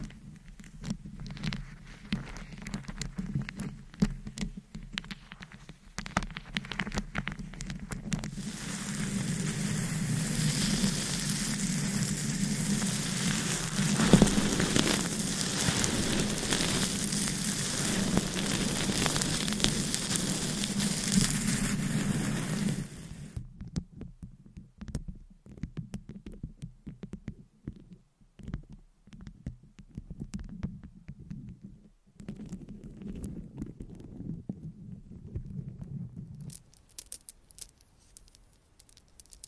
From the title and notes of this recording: ASMR Mic Scratching - Brain Scratching & Tapping with Rhinestones & Long Nails -No Talking.